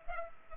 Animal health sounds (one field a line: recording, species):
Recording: mosquito wingbeat signal from an infrared sensor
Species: Culex pipiens